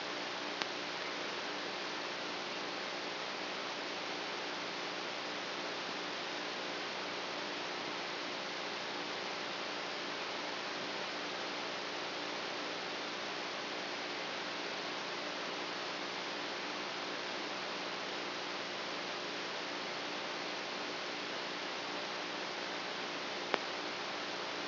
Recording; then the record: brain microelectrode recording played as sound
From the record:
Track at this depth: outside the subthalamic nucleus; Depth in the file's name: -1.309 mm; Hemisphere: right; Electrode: 3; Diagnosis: Parkinson's disease